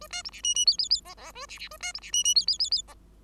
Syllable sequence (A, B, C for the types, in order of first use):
A B C D E E F F F G G A D D A B C D E E F F F F G